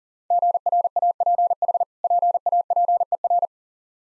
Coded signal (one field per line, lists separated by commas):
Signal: Morse code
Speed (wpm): 40 wpm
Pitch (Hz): 700 Hz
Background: none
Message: GRAPH PAPER